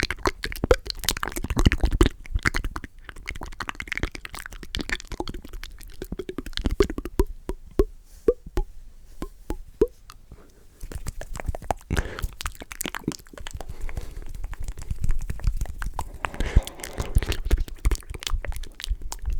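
Fast, inaudible whispering packed with wet mouth clicks and pops, thinning to sparse tonal clicks mid-way before the dense whispers return.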